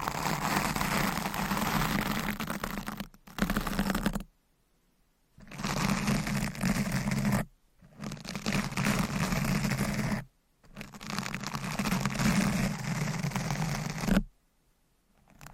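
Dense, steady scratching fills several bursts of two to four seconds each, with a low hum underneath and a brighter, gritty hiss across the top. The bursts stop abruptly, leaving short silences around 4, 7.5, 10 and 14 seconds.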